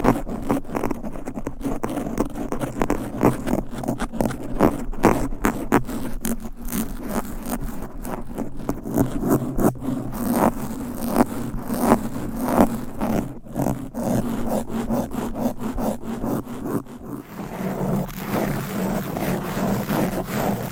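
Fast, aggressive mic scratching: dense rasping strokes packed tightly for the full length, over a steady low rumble, easing slightly near the end.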